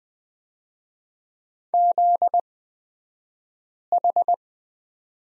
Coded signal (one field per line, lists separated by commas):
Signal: Morse code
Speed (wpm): 20 wpm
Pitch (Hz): 700 Hz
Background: none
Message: ZH